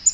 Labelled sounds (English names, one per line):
Black-throated Green Warbler flight call